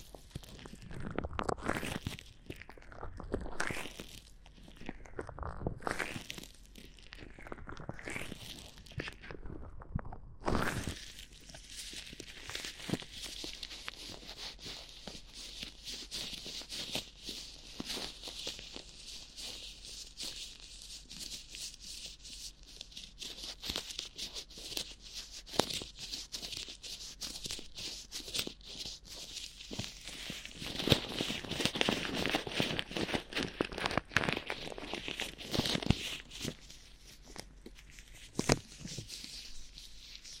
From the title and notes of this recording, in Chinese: 多種手套的摩擦觸發音。NO Talking。